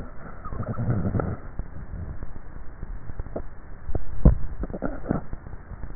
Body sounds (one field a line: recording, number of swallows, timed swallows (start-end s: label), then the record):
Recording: swallowing sounds by neck microphone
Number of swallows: 1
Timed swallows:
3.98-5.15 s: swallow
From the record:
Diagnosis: dysphagia